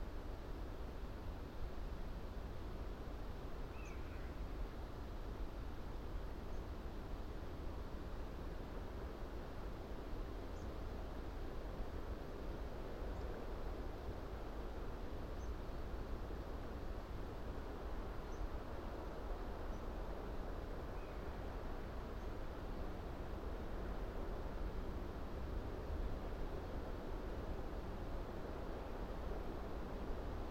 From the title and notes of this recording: Upland fir forest. High, in the remoteness of the Cumbrian hills above Dentdale, with buzzards circling overhead, we found a fir forest. All leaning, slightly, against a mild August breeze. We left the Lento mics alone to capture the undulating sound within the heart of this forest. Each tree hushing not in white noise, but in noise of other shades.